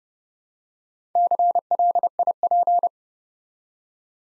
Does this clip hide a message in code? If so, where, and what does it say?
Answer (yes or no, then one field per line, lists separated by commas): yes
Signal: Morse code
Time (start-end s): 1.2-2.9 s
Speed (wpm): 30 wpm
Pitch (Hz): 700 Hz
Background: none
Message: CLIP